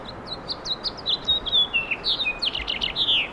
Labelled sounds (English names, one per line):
House Finch song